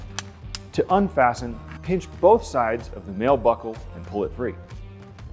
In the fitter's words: To fasten, insert the male end into the female end until you hear a click.